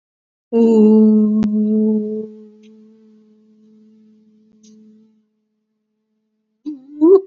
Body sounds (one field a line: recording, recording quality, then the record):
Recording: sustained vowel as in boot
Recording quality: excellent, no background noise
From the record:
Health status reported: exposed to COVID-19, no respiratory illness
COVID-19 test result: not tested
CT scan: not taken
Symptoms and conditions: cough, cold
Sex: female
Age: 49 years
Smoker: no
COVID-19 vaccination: both doses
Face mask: not worn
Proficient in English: no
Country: India